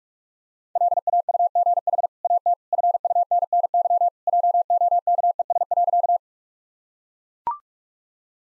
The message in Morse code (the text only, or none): LAUGH AT FUNNY JOKES.